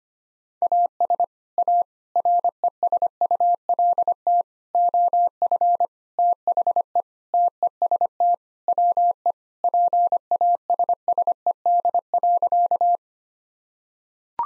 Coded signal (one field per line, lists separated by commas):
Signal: Morse code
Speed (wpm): 25 wpm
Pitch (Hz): 700 Hz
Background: none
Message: AS A RESULT OF THE TEST WE PASSED.